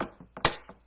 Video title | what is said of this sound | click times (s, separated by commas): Leakproof Glass Containers - Restyled versus older set. | You want to make sure you hear the snap. | 0.0 s, 0.5 s